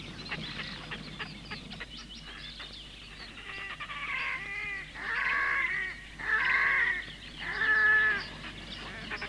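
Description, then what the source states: Red-necked grebe gives loud, squealing, drawn-out wails, three long rising and falling cries after a stretch of softer chattering notes. Field recording by Sten Wahlström from the Swedish cassette Fågelsjön, Sveriges Ornitologiska Förening.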